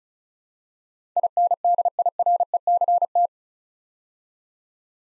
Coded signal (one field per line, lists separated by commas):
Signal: Morse code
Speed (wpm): 36 wpm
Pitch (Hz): 700 Hz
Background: none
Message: INDIRECT